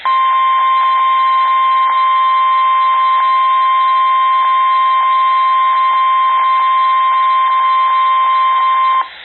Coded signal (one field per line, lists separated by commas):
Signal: Emergency Alert System (SAME) tones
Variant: 1050 Hz attention tone